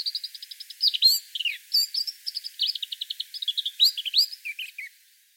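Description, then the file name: Eurasian blackcap song: a rapid, varied warbling chatter of repeated short notes and squeaky phrases, running continuously for about five seconds. "Sylvia atricapilla"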